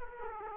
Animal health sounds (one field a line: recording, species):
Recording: mosquito wingbeat signal from an infrared sensor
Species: Aedes aegypti